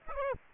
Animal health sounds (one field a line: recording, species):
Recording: mosquito wingbeat signal from an infrared sensor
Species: Aedes aegypti